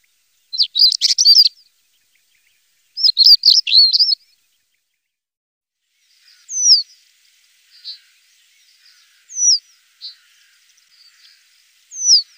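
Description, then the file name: European stonechat calling: two short bursts of scratchy chattering notes, then single thin descending whistles spaced a few seconds apart, in near silence. "roodborsttapuit stonechat"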